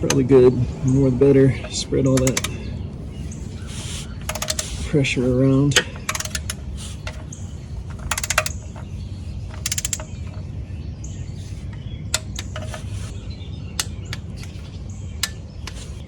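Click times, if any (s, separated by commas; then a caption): 8.1 s, 9.9 s, 12.1 s, 13.8 s, 15.2 s. Someone talks while a click-type torque wrench tightens bolts on an engine being rebuilt. The wrench then gives sharp clicks at 8.1, 9.9, 12.1, 13.8 and 15.2 seconds, each one signalling that a bolt has reached the set torque.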